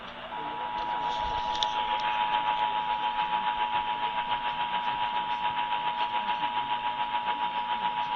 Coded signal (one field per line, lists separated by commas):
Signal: Emergency Alert System (SAME) tones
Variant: 853 and 960 Hz attention tone